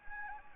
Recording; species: mosquito wingbeat signal from an infrared sensor; Anopheles gambiae